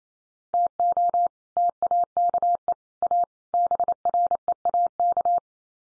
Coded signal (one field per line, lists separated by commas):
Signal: Morse code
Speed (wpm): 28 wpm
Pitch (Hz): 700 Hz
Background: none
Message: TO TAKE A BREAK